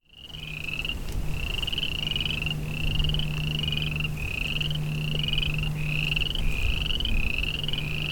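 Boreal chorus frogs in chorus, several males giving rising, pulsed creaking trills about half a second long, overlapping almost continuously, over a steady low hum.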